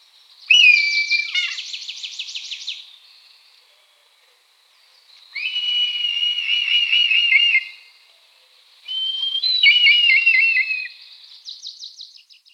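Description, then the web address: Red kite whistled calls, three drawn-out high whistles each breaking into a rapid quavering trill, separated by short pauses. Along a nature trail. "Milvus milvus. ns svatomartinska alej"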